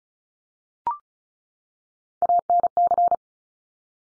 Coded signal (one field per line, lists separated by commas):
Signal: Morse code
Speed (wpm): 36 wpm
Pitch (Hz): 700 Hz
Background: none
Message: ANC